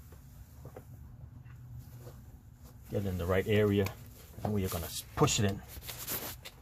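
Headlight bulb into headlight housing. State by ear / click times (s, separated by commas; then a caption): not seated / none. A right headlight bulb for a 2009 Jeep Wrangler is worked into position in the headlight housing by feel, finding the right spot before pushing it in. Someone talks over faint handling noise, with a brief soft tick at about 0.8 s. Nothing has seated or clicked yet.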